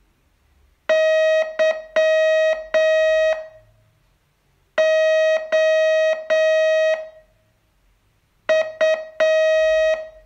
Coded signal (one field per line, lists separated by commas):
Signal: Morse code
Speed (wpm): 7 wpm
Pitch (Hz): 630 Hz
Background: music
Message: Y O U